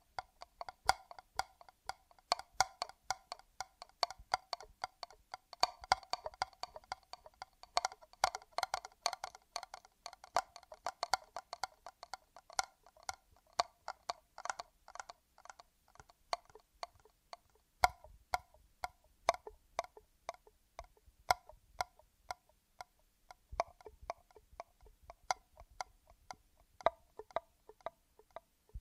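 ASMR triggers made of rapid, dense tapping and clicking, thinning out after about eighteen seconds into sharper, sparser ticks with deeper thumps.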